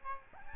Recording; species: mosquito wingbeat signal from an infrared sensor; Aedes albopictus